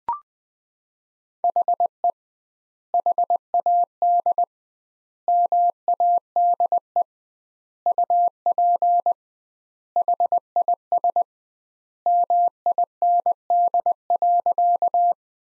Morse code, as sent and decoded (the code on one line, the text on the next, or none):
.... . / .... .- -.. / -- .- -.. . / ..- .--. / .... .. ... / -- .. -. -.. .-.-.-
HE HAD MADE UP HIS MIND.